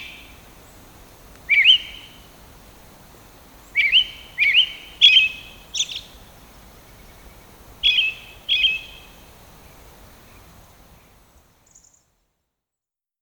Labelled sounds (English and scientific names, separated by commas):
American Robin (Turdus migratorius) song